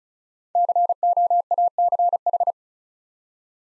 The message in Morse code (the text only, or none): COACH